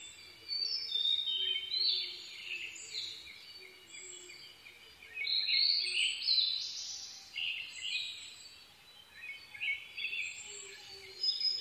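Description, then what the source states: Blue-and-white flycatcher singing repeated phrases of high clear and slurred whistles, louder bursts every few seconds, with bird chatter in the background. Recorded 22 May 2011 at 04:34.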